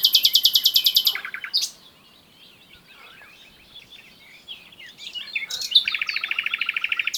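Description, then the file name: Common nightingale song: a fast, loud rattle of repeated notes, a quieter varied twittering stretch, then another rapid pulsed trill at the end. "Luscinia megarhynchos"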